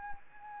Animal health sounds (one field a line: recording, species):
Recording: mosquito wingbeat signal from an infrared sensor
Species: Anopheles gambiae